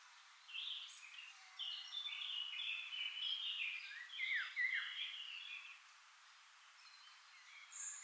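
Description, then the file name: European robin song, a long jumbled phrase of thin, high warbled and sweeping notes lasting about five seconds, then near silence with a brief high note at the end. "Erithacus rubecula"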